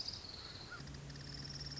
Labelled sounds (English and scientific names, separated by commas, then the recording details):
Orange-crowned Warbler (Leiothlypis celata)
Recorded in Sonoma County, California